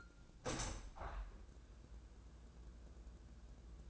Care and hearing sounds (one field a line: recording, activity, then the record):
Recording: daily activity, microphone in the room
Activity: open window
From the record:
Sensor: 2